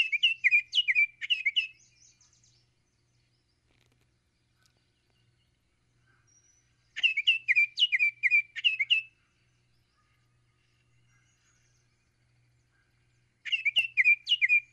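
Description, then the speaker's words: Baltimore Oriole giving bright, rapid chattering phrases about two seconds long, separated by pauses of several seconds, the background otherwise quiet. Played on radio during the migration, while Baltimore Orioles are passing through; the species has several different songs. "I get requests for these all the time, and I decided today, because of the migration, to go ahead and play the Baltimore Oriole."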